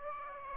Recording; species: mosquito wingbeat signal from an infrared sensor; Aedes aegypti